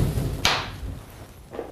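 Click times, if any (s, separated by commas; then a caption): 0.4 s. On the passenger side of a Toyota Tundra pickup, the metal slide lock of a closed Agri-Cover LORADO roll-up tonneau cover is slid over to grab the bed rail. A single sharp snap at 0.45 s marks the lock seating in place, followed by quieter rustling and a soft knock near the end.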